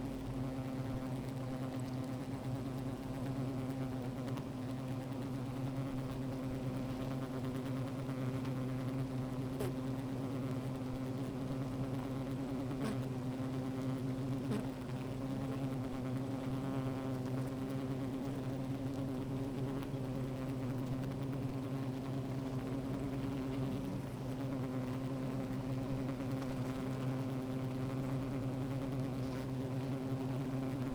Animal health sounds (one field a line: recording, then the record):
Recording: honeybee colony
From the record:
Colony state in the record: active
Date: 28 July 2017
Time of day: 13:50